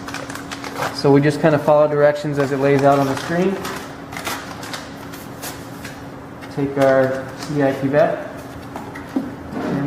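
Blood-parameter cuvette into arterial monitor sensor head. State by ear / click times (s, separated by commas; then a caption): seated / 8.8 s. Someone talks while a plastic CDI blood-parameter cuvette is pressed onto the sensor head of an arterial blood-gas monitor. A short, sharp click at 8.8 s marks the cuvette snapping into place, seated on the sensor head.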